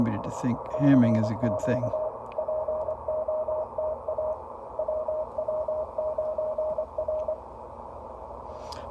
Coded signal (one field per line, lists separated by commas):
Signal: Morse code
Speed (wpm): 24 wpm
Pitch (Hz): 620 Hz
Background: speech, radio noise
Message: CQ POTA WW9R